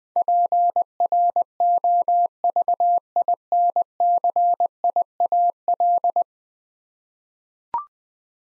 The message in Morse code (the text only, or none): PROVINCIAL